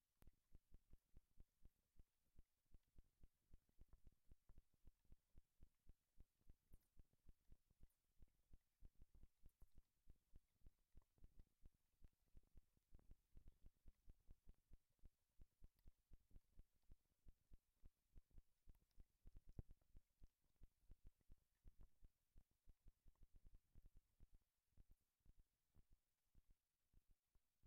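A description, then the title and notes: A contact microphone frozen in melting ice picks up a steady stream of sharp ticks and pops, several each second for the whole stretch. The clicks are mostly low and thuddy with little brightness, sitting over a very quiet, hushed background. This is a quiet recording of a contact microphone frozen in melting ice. Freeze contact microphone/hydrophone in ice (soup can filled with water). Signal: Cold Gold small hydrophone/coated contact mic -> Aquarian Audio buffer amp -> Sound Devices MixPre-3.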